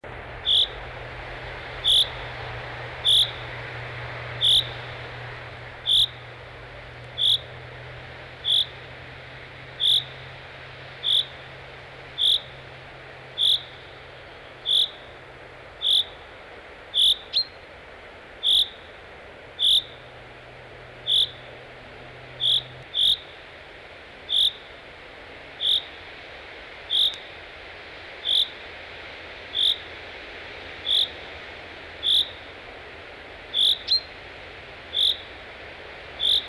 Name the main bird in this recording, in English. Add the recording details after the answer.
Common Chaffinch. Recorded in the wild. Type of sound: call. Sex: male. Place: Bruchberg, Niedersachsen, DE. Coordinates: 51.79, 10.5. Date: 1986-06-14. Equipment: Sony WM-D6C, Parabolscheibe. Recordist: Skiba, Reinald. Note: Wolfswarte, Nationalpark Harz